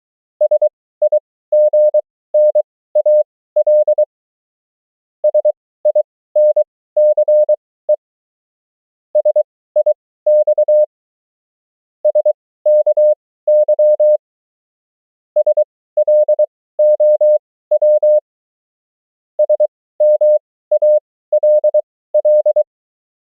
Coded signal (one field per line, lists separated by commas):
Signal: Morse code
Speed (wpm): 23 wpm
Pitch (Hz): 600 Hz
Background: none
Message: SIGNAL SINCE SIX SKY SLOW SMALL